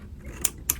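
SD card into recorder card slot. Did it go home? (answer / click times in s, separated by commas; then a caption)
yes / 0.7 s. A microSD card is slid into the spring-loaded card slot of a bird-monitoring audio recorder until it latches. A short sharp tick at 0.45 s comes before the loud, bright latch click at 0.7 s, followed by a faint tick around 0.8 s. The click shows the card is seated and inserted correctly.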